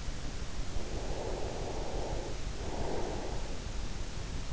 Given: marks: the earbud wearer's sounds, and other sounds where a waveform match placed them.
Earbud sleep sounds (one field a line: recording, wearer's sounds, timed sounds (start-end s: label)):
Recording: sounds in sleep by an in-ear microphone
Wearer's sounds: breath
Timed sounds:
0.82-3.54 s: breath